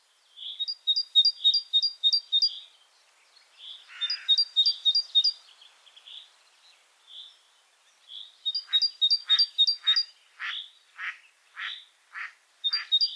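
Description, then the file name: Great tit song: bursts of two-note phrases alternating with single notes, then a series of sharp clipped calls and the start of another phrase. "Parus major"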